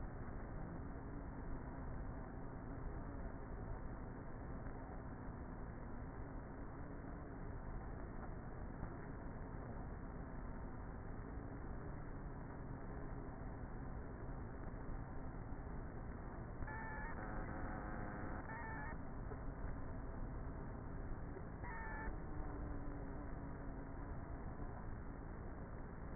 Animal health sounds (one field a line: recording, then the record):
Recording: honeybee colony, microphone inside the hive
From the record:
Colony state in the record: queenless with a low population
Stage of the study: before two queens were removed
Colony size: about 30,000 bees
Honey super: no